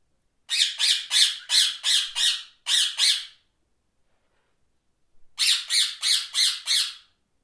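Parrot squawking in a rapid run of about eight rough, grating calls, falling silent for two seconds, then a second quick series of similar squawks.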